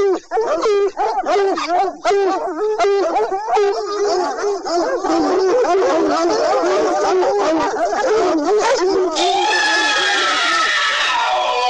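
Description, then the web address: Dogs yowling and whimpering in rapid, wavering wails that swell into a dense chorus, then a harsher, different cry near the end. "Sounds Halloween Disney The Dogs"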